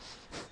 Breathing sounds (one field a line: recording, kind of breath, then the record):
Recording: one breath in and out by a microphone near the nose and mouth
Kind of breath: strong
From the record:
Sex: male